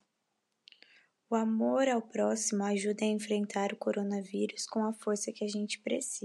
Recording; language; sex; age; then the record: spoken sentence; Brazilian Portuguese; female; 20 to 29 years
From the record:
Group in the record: control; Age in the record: 27 years